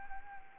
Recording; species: mosquito wingbeat signal from an infrared sensor; Anopheles arabiensis